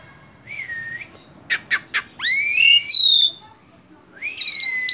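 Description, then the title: Asian pied starling song of slurred whistles, a few harsh rasping bursts, and rising, upward-sweeping whistles, with a steady low hum underneath. Masteran, a training recording played to teach caged songbirds. "Masteran Jalak Suren"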